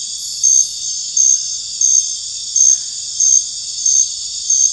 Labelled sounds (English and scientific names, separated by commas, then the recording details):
none
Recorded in dense forest near Puerto Asís, Putumayo, Colombia, on 8 March 2025 at 23:00
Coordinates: 0.484, -76.317
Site G064